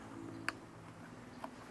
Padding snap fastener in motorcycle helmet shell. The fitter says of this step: until it snaps out